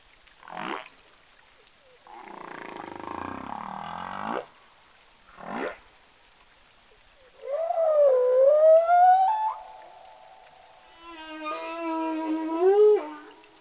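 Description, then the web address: Humpback whale song units: a brief burst, a broad rumbling moan, another brief burst, then wavering tonal cries near mid pitch, separated by short silences. Southern Indian Ocean humpback whales; the source reports they sing different tunes. "southern-indian-ocean-humpbacks-singing-different-tunes attachment whale songs"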